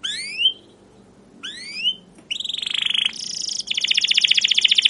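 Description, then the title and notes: Canary song with two separate rising sweeping whistles, then a buzzy trill and a fast run of repeated chirps near the end. Canary singing a long, rolling chirping song, used as a lure and master recording for young canaries learning sounds. "CUIT CUIT NGEROL LANGSUNG GACOR PANJANG Kenari Utk Pancingan KENAR. PANCINGAN Kenari GACOR PANJANG Cuit CUIT EMOSI utk MASTERAN Kenari PAUD belajar BUNYI. burung kenari"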